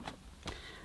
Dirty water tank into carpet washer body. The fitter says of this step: Push it until it clicks.